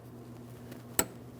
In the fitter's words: After an audible click, we're going to attempt to remove it from the line.